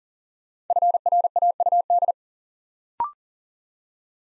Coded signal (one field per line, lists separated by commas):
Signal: Morse code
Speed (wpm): 40 wpm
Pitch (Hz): 700 Hz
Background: none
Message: FRAUD